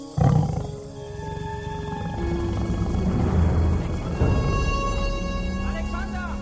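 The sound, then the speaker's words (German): A huge wild cat with gold-spotted fur, hidden in dense foliage, lets out a loud, rumbling roar that swells and holds for several seconds, with a second surge partway through, over steady sustained tones in the background. “Vor Schreck erstarrt, sieht sich Alexander einer riesigen Raubkatze gegenüber.”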